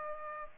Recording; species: mosquito wingbeat signal from an infrared sensor; Culex pipiens